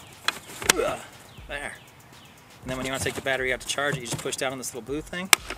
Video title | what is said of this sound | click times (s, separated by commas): Kobalt 80 Volt Max Cordless Blower Unboxing | you know logo upright little sensors at the bottom just push until it clicks there and | 0.3 s, 0.7 s